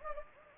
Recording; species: mosquito wingbeat signal from an infrared sensor; Anopheles gambiae